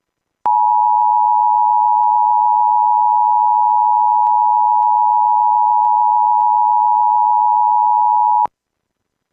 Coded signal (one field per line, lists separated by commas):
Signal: Emergency Alert System (SAME) tones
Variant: 853 and 960 Hz attention tone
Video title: Tornado Warning issued by civil authorities? (EAS 177)